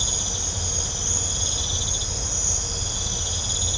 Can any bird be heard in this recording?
no